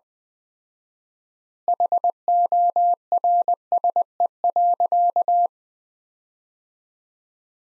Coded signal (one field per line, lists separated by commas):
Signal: Morse code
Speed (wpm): 21 wpm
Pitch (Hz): 700 Hz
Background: none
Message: HORSE.